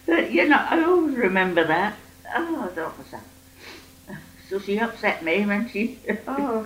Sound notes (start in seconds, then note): 3.6 sniffs; 6.0 laughs